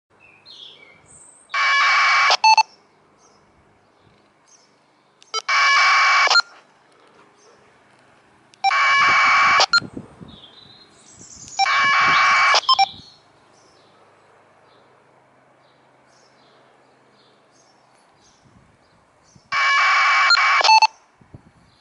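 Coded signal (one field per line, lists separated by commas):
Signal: packet radio (AX.25, as in APRS)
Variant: 1200 baud AFSK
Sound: five short harsh buzzing data bursts, each about a second, separated by quiet gaps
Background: faint birdsong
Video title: ISS-APRS with TH-D72 + MFJ-1714 The Long Ranger 2 Meter ½ wave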